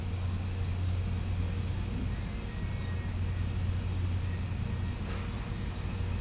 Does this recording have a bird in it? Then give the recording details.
no. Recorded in pastures near Puerto Asís, Putumayo, Colombia, on 21 December 2024 at 10:00. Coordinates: 0.505, -76.324. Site G063